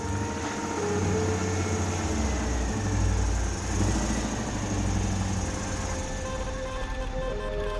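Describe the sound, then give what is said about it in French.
A brand-new Citroën 2CV car engine runs steadily for several seconds in Paris, a low throbbing drone with a faint uneven sputter and slight swells in loudness, with no voices. “Désormais, Pipa peut pétarader dans la capitale avec sa 2 chevaux flambant neuve.”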